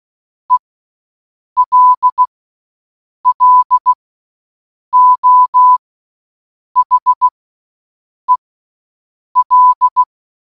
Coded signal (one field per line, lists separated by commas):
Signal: Morse code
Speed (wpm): 16 wpm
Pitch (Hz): 1000 Hz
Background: none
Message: ELLO HEL